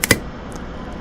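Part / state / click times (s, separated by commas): circlip into the groove of a frame bushing / seated / 0.0 s, 0.1 s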